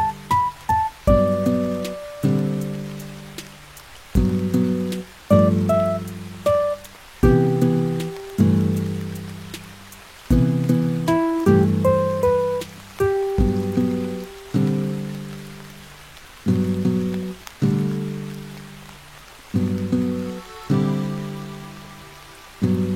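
Music with rain sounds: steady, repeating low chords that swell and fade in a regular pulse, with scattered crisp rain taps throughout.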